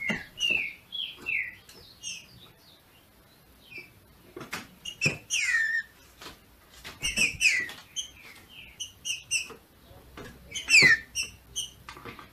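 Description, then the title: Green-winged saltator producing a series of clear whistled phrases and sharp downslurred notes, with a quieter stretch early on and intermittent clicking. Female singing in male style to stimulate and excite the male. "FÊ MEA DE TRINCA FERRO MACHEANDO PARA ESQUENTAR O MACHO"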